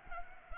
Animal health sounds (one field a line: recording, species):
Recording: mosquito wingbeat signal from an infrared sensor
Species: Culex pipiens